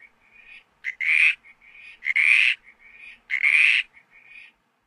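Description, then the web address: California chorus frog calling: three loud, raspy calls with softer, thinner notes between them. North America. "Songs of Frogs Toads of North America. California Chorus Frog"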